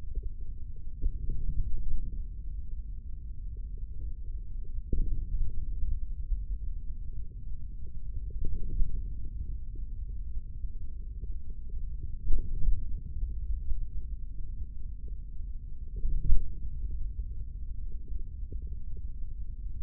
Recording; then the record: forearm muscle sounds (acoustic myography)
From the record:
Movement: hand closing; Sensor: system 3, bracelet of six PUI Audio POM-2738L microphones around the upper forearm, with dedicated amplification and filtering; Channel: 1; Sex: male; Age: 25 years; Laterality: right